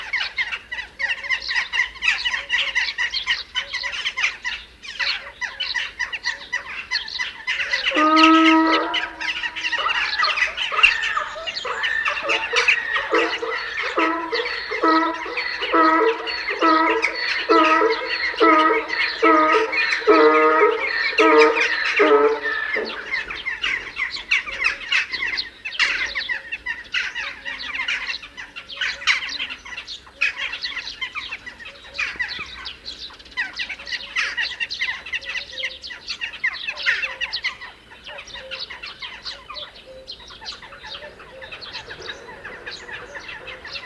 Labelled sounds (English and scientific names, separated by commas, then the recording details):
Western Jackdaw (Coloeus monedula) call
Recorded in the wild
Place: Tscherwen, Ruse, BG
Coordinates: 43.452, 25.054
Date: 1974-06-09
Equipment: Nagra III BH, Sennheiser MD 21, parabola
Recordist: Schubert, Michael